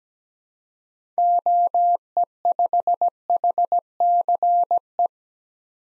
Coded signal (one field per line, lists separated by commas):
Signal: Morse code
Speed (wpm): 17 wpm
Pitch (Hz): 700 Hz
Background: none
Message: OE5HCE